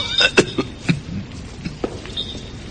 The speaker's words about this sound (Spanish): El ataque de tos le impidió responderme al momento.